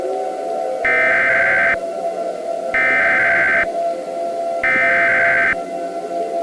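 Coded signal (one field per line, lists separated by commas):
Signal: Emergency Alert System (SAME) tones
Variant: header bursts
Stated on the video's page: Fictional Halloween EAS scenario, produced with Audacity and Sitepal/Balabolka.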